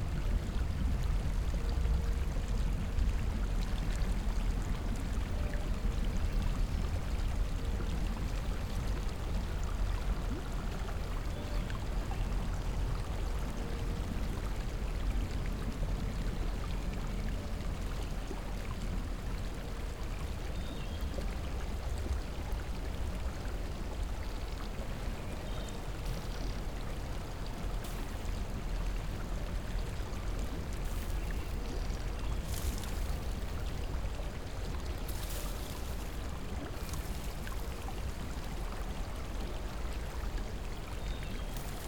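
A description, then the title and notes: Water flows steadily in a hot spring, a dense, low churning with a constant pouring quality from start to finish. Level barely shifts. From about 25 seconds on, a few brief bright splashes or drips cut through above the rush. In a hot spring.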